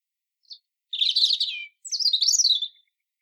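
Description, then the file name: European robin song: a short high note followed by two rapid, scratchy warbling bursts separated by a brief pause. "Erithacus rubecula"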